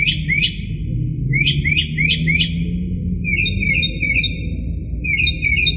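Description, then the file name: Northern mockingbird song: short repeated phrases of bright chirps, each motif given several times before switching to a new one, over a low steady background rumble. "kicauan-burung-northern-mockingbird -omkicau"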